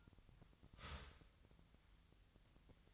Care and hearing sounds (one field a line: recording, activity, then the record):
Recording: daily activity, microphone in the room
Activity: start toaster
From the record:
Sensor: 3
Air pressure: 1001.9 hPa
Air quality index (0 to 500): 245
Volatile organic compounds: 48 ppm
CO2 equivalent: 3273 ppm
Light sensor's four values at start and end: 14/41/18/15 and 14/41/18/15